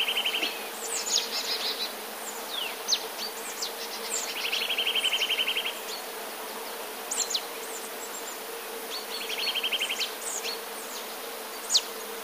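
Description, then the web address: Eurasian nuthatch song: fast, even trills of repeated piping notes, recurring three times, among high thin chirps over steady background hiss. "kowalik kowalikispiew"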